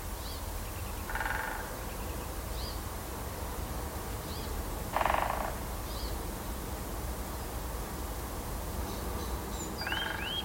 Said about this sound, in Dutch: Daar heb je de boomklever weer.